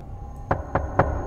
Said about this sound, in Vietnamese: thì bỗng nhiên Tư Cọt giật mình bởi vì có tiếng gõ cửa. Tiếng gõ cửa cứ vang vọng lên đều đều.